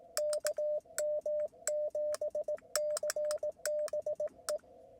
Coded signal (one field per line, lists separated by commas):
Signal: Morse code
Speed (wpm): 18 wpm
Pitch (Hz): 620 Hz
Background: radio noise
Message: KM7CBE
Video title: Wind, Wire, and QRP — A CW POTA Activation at Montezuma’s Pass